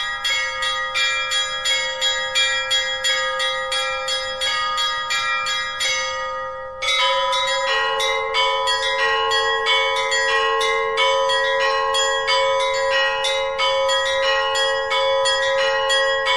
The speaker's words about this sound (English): and this year Orthodox Easter arrived on the 5th of May, we were enchanted by the mesmerizing beauty of the bell chimes during the traditional bell ringing week.